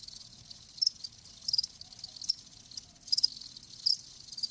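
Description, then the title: Crickets chirping in a soft high continuous chorus, with occasional brighter bursts every second or so. Live crickets chirping with a lulling song. "Live Crickets Chirping"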